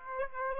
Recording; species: mosquito wingbeat signal from an infrared sensor; Aedes aegypti